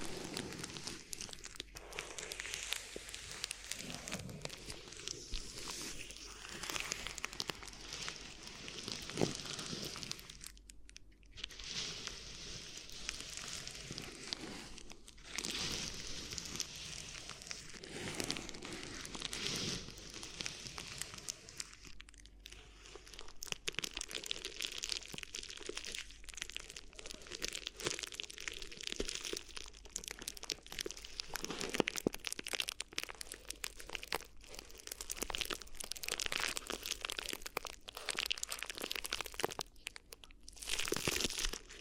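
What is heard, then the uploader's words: Crinkly ear massage: dense, continuous crinkling and crunching with fine crackles running through the bright upper range. The texture stays busy and uneven throughout, broken by brief near-silent gaps around 11, 15, 22 and 41 seconds. ASMR Addictive Crinkly Ear Massage (No Talking).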